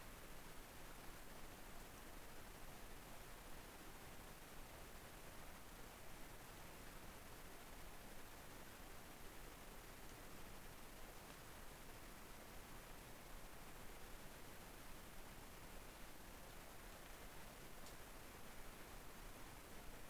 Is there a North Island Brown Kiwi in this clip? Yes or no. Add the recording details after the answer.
no. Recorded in New Zealand on 13 December 2015. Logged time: 21:44. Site CL72